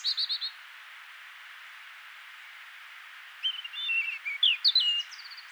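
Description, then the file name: European robin song: a brief high trill opens, then after a long pause a varied phrase of thin whistles and twittering notes. "Erithacus rubecula"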